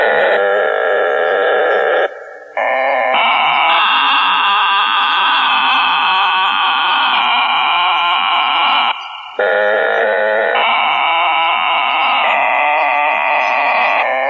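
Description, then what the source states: Frogs trilling together in a continuous, layered chorus, interrupted by two short quieter gaps. Frogs recorded at Harpers Mill.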